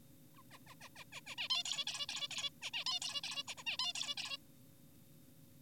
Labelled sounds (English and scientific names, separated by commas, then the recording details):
Zebra Finch (Taeniopygia guttata)
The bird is an adult
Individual g4p5U